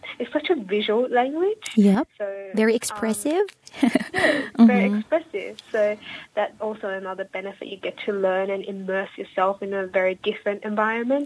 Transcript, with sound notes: it’s such a visual language.
Yup, very expressive (lightly laughs)
Yeah, very expressive so that’s also another benefit, you’ll get to learn and immerse yourself in a very different environment.